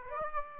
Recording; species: mosquito wingbeat signal from an infrared sensor; Aedes aegypti